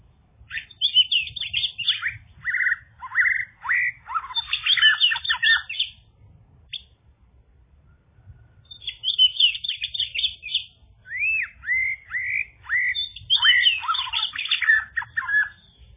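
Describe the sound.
Bird song of rapid chirps, trills and rising whistled notes in dense bursts, a pause near seven seconds, then another long burst of varied chirping.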